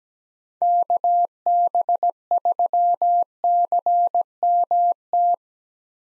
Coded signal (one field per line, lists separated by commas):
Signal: Morse code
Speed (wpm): 17 wpm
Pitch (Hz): 700 Hz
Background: none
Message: KB3CMT